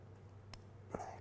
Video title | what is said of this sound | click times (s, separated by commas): Ford Galaxie 4 Speed Shifter Rebuild | clicks in you heard it click maybe | 0.5 s, 0.9 s